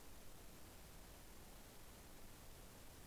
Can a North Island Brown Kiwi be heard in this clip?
no